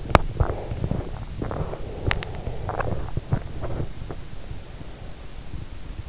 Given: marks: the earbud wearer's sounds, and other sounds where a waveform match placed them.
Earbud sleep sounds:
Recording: sounds in sleep by an in-ear microphone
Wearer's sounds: teeth grinding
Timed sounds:
0.00-4.24 s: teeth grinding

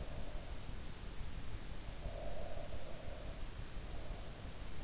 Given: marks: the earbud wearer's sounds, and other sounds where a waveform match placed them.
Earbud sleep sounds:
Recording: sounds in sleep by an in-ear microphone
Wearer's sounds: breath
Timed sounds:
1.89-4.46 s: breath

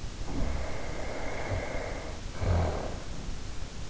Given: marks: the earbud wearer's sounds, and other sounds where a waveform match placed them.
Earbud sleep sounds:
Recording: sounds in sleep by an in-ear microphone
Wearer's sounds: snoring breath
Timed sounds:
0.19-3.57 s: snoring breath

